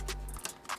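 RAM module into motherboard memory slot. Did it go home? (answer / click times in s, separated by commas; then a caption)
yes / 0.5 s. A RAM module is lined up and pushed into a motherboard DIMM memory slot until the retention clip clicks at 0.5 s, and the module is seated. A steady low hum runs until about 0.4 s, with short bright bursts of handling noise around 0.1 s and 0.7 s.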